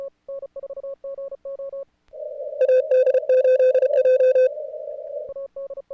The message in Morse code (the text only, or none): AD8J